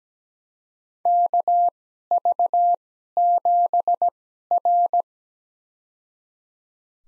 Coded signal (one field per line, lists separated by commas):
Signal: Morse code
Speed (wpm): 17 wpm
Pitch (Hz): 700 Hz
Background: none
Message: KV7R